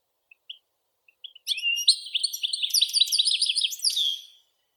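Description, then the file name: European goldfinch: a few soft, thin notes from a goldfinch lead into one continuous rapid twittering phrase of about three seconds with tinkling and slightly buzzy notes. "Golosa ptic - CSHegol Carduelis carduelis"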